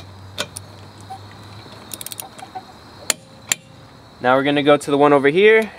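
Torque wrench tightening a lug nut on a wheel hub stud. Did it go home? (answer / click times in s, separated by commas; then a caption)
yes / 3.1 s, 3.5 s. A click-type torque wrench tightens the bottom lug nut on a wheel hub stud, working in a star pattern. After some faint ratcheting and light taps, the wrench gives two sharp clicks at its torque setting, at 3.1 s and 3.5 s. Then someone talks as the work moves straight on to the next nut.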